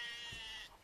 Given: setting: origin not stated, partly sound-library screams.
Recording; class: one-second piece from a danger detection set; normal situation